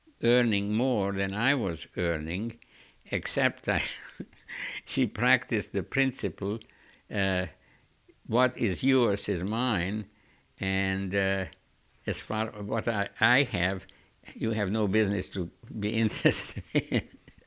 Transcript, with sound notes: earning more than I was earning, except that (he laughs) she practiced the principal "what is yours is mine" and as afar as what I have you have no business to be interesting in.